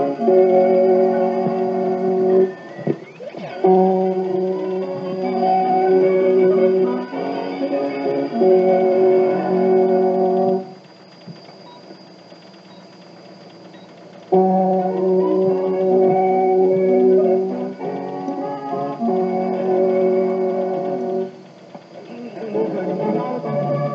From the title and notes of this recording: Office de Radiodiffusion Télévision Française (Interval Signal). Broadcaster: ORTF Paris France 1970. Frequency: 9.620 MHz.